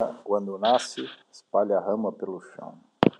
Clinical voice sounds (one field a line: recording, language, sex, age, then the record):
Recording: short text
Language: Brazilian Portuguese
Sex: male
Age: 60 to 69 years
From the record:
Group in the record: control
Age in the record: 64 years